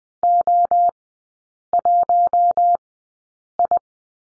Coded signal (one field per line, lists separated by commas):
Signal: Morse code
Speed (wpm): 19 wpm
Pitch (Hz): 700 Hz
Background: none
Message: O1I